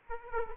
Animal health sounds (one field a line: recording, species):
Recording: mosquito wingbeat signal from an infrared sensor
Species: Aedes aegypti